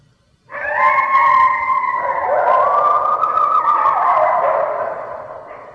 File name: red wolf howling